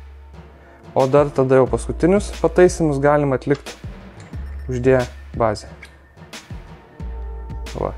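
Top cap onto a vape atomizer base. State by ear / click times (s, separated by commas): seated / 7.8 s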